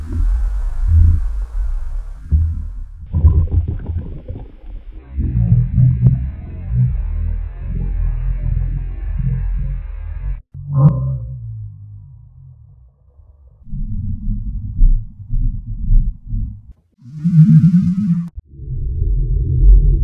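Deep, low rumbling and drawn-out moaning gurgles from an adult's stomach come in several long runs, with a brief quiet pause partway through. These are intense hunger rumbles, loud borborygmi from gas and fluid moving through an empty gut.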